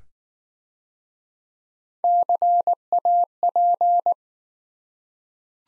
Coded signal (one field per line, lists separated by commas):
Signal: Morse code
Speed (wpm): 19 wpm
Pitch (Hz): 700 Hz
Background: none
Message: CAP